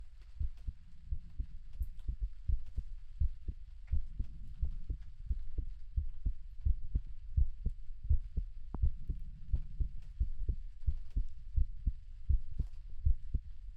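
Steady, soft low thumps come in a regular rhythm at about 80 beats a minute, each beat a dull lub-dub of an adult heart heard up close. A gentle rain-like hiss runs underneath.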